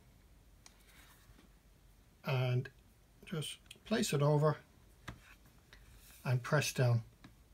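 The plastic back cover of a 7-inch Asus Memo Pad tablet is laid over the chassis and about to be pressed down with the fingers while someone talks, with a few faint short taps in between. Nothing has seated or clicked yet.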